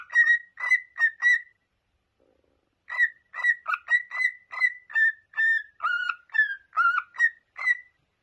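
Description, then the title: Cockatiel whistled song, evenly spaced short whistles, a group of four, then a pause, then a longer varied run. Several cockatiels singing and whistling. "Calopsitas Cantando Assobio"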